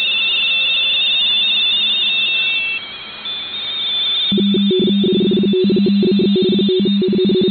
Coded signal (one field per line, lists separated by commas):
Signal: RTTY